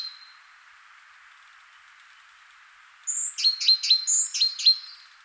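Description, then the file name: Great tit giving a single burst of high sharp notes and thin whistles near the end, after about three seconds of near silence. "Parus major"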